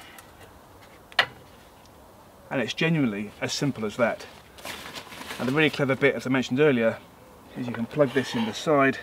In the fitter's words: locks in place with the leg